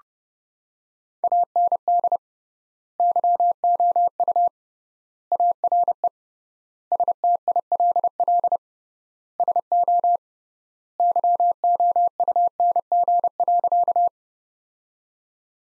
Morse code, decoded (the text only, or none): AND YOU ARE STILL SO YOUNG.